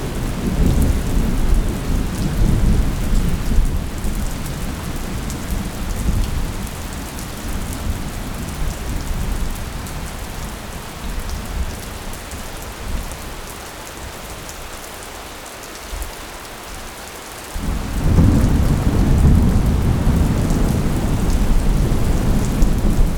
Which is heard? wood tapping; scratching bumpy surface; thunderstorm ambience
thunderstorm ambience